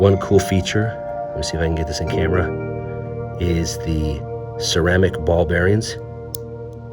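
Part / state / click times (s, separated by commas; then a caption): folding clasp blade into the bracelet clasp cover / seated / 6.4 s. Someone talks over background music while closing the steel folding clasp on a Tudor Black Bay watch bracelet, which has ceramic ball-bearing detents. The folding clasp blade snaps into the clasp cover with a short, crisp click at 6.4 s, and the clasp locks shut with a very positive feel.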